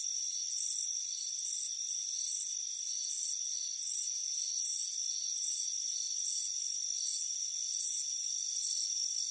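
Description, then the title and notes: Crickets chirping, pulsed high bursts repeated many times at an uneven pace, above a constant thin high hum. "Soothing Crickets Chirping Sound. It's a warm afternoon as you relax in a hammock on the front porch. Relax and fall asleep to the soothing sound of chirping crickets"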